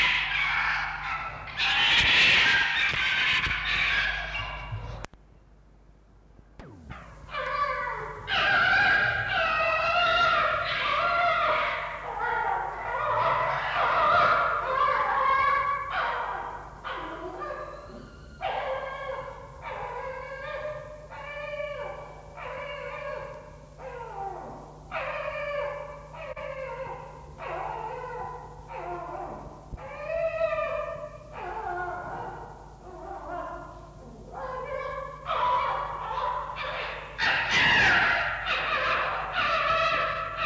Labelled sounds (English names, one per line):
Red Fox